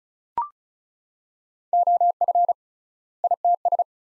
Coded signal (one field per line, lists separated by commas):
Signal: Morse code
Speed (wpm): 36 wpm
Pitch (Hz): 700 Hz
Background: none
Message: OF ITS